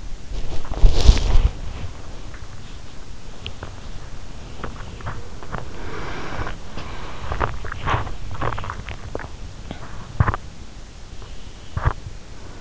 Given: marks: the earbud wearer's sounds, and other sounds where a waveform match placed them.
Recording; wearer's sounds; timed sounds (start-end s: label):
sounds in sleep by an in-ear microphone; body movement, swallowing, teeth grinding, breath
0.00-10.29 s: body movement
3.20-3.92 s: swallowing
4.36-6.24 s: teeth grinding
5.25-7.89 s: breath
8.02-12.61 s: teeth grinding
8.73-9.40 s: swallowing